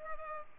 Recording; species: mosquito wingbeat signal from an infrared sensor; Culex pipiens